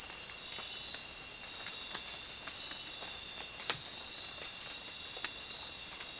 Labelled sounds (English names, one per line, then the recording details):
none
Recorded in secondary vegetation near Puerto Asís, Putumayo, Colombia, on 25 June 2025 at 03:30
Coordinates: 0.499, -76.323
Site G077